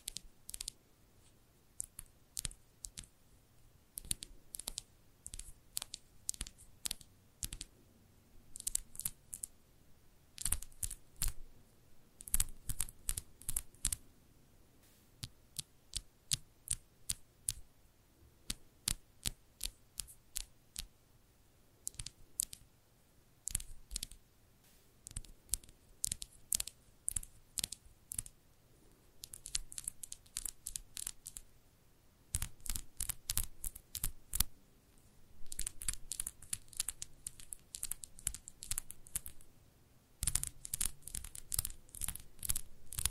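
Irresistible tapping: quick, crisp taps on a hard surface, grouped into rapid bursts with short pauses between them. The taps sound bright and clicky, with a soft low hum beneath. Toward the end the bursts grow denser and louder, nearly continuous.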